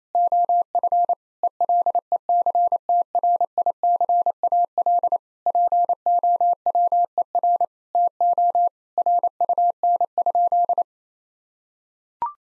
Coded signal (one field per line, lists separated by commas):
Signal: Morse code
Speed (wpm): 28 wpm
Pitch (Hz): 700 Hz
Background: none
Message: OF ELECTRICAL POWER TO RUN?